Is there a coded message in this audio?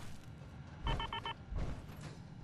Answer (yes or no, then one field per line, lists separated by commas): no